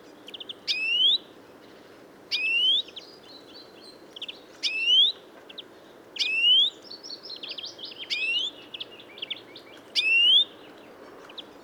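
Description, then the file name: European greenfinch calls: a clear upslurred whistle repeated about every two seconds, with brief chirps and a short buzzy trill between. "Chloris chloris"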